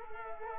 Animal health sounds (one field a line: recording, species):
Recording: mosquito wingbeat signal from an infrared sensor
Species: Culex quinquefasciatus